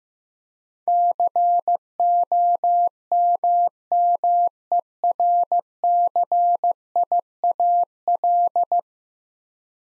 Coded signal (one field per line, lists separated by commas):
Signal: Morse code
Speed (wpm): 15 wpm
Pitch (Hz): 700 Hz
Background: none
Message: COMMERCIAL